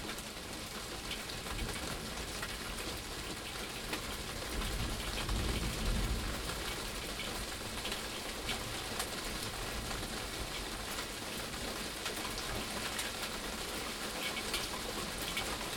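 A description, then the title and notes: Rain falls steadily inside a broken greenhouse, a dense, even patter with fine bright ticks of drops landing on hard surfaces. A low rumble sits underneath throughout, swelling slightly around five to six seconds before settling back to the same constant wash. Storm from the greenhouse, Sheffield, UK in June 2023 – by Joe Wilkins. Our greenhouse had a few panes of glass missing as a result of recent weather, as another summer storm blew through I set up to record in a dry corner of the greenhouse.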